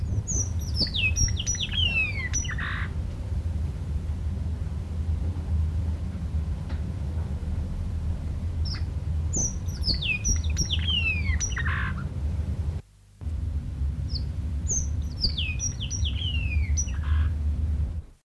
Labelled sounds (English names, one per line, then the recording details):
Red-cheeked Cordonbleu call
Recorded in captivity
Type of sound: call
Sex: male
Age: adult
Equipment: Halbspur, 9,5 cm/s
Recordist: Lütgens, Hans
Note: Rufe